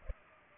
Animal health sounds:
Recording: mosquito wingbeat signal from an infrared sensor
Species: Culex pipiens

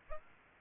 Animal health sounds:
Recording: mosquito wingbeat signal from an infrared sensor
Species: Aedes aegypti

